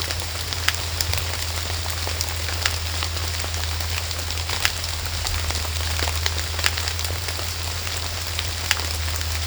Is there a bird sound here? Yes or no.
no